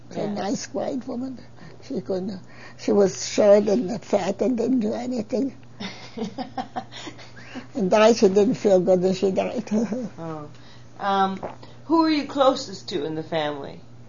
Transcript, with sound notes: A nice, quiet woman. She could, she was short and fat and didn't do anything. (laughs) Died. She didn't feel good and she died.
Oh. Um, who were you closest to in the family?